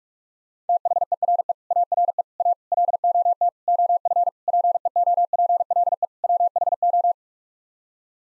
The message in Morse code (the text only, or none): THERE ARE A LOT OF PEOPLE WHO